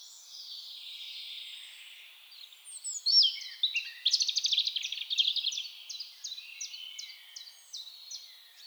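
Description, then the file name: European robin song: a thin, high drawn-out opening note, then a loud burst of rapid trills and tinkling notes ending in a steady series of short falling ticks. "Erithacus rubecula"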